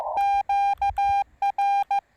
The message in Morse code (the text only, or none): QR